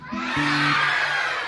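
Loud, shrill screaming from an abandoned house on a dark night runs steadily for about a second and a half, layered over a low droning wail that steps down in pitch, with no speech.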